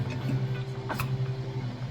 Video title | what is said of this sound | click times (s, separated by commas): Canning Chicken from our Friend Danielle! | and I pop the top | 1.0 s